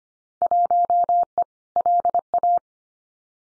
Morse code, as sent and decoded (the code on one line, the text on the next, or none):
.---- . / .-.. .-
1E LA